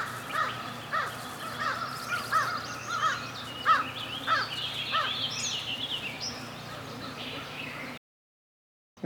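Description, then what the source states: American crows giving a series of several harsh caws, followed by a sudden silence. Three to four American crows, at least three seen, calling in a small open grassy field between fields 1 and 2, Duck Creek Conservation Area, Greenbrier Unit.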